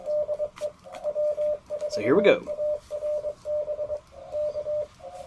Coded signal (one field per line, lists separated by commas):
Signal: Morse code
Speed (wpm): 24 wpm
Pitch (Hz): 600 Hz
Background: speech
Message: DE W4ARB K